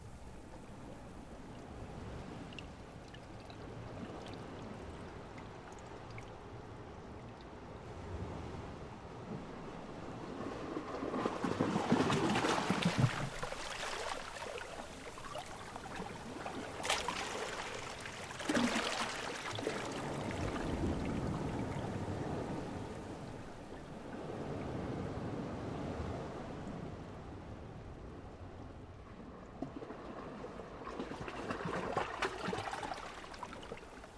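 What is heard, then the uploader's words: Water rushes between rocks in repeated surges, swelling loudest around 11–14 seconds, again near 19–22, and once more near 30. Between surges a low, steady churning wash continues, with brighter splashy hiss at each peak and a faint wind-like rumble underneath. I love that anticipatory sound of water rushing between the rocks as it approaches.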